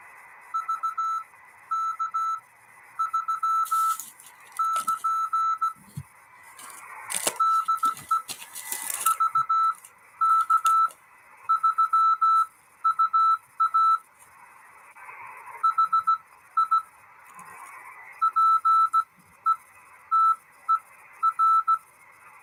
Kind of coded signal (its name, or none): Morse code